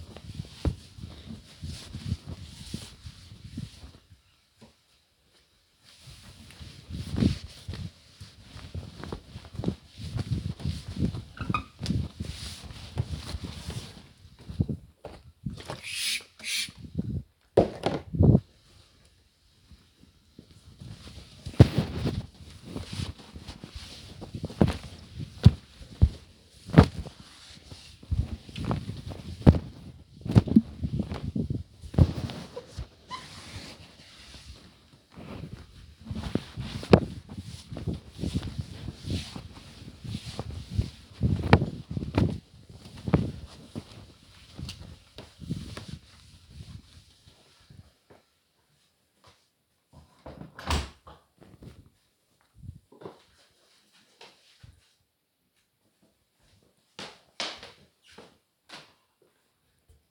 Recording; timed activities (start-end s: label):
household activities, microphone on the right wrist
0.00-49.62 s: window cleaning